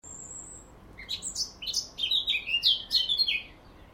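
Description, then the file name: Eurasian blackcap song opening with one thin high whistle, then a brisk, loud phrase of varied fluty and chattering notes rising and falling. "Sylvia atricapilla"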